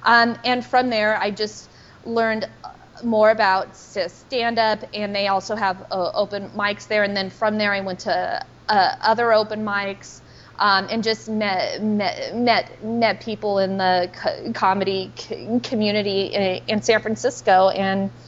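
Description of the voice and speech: A woman who stutters openly speaks with part-word repetitions on "met" and prolonged sounds and pauses before words, typical of stuttering.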